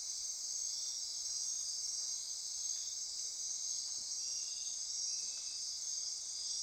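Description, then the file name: Insect chorus forming an unbroken high, shrill drone, with a thin steady tone beneath and a few soft lower buzzes near the end. Insect chorus at midnight near Corcovado. "Wind-is-the-Original-Radio-Fridays 20240628 Andy-Martin Midnight-Insect-Chorus-Near-Corcovado"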